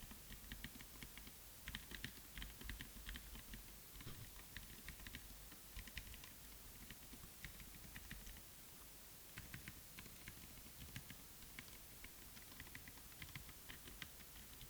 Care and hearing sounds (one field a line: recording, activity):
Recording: daily activity, guitar pickup as the sensor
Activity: type